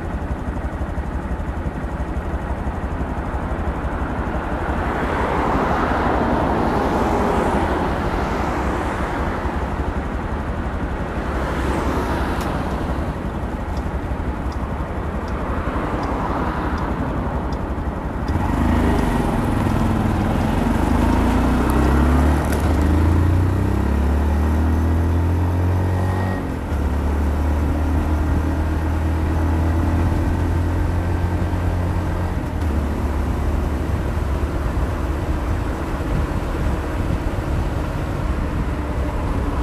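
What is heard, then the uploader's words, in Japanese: A motorbike ridden along a road, its engine a steady low drone with rising and falling pitch as it speeds up and slows. Passing cars swish by around 5, 12 and 16 seconds, and from about 18 seconds the engine grows louder and deeper, revving through gear changes. 無言でバイクを走らせました。周りの車の音なども入っています。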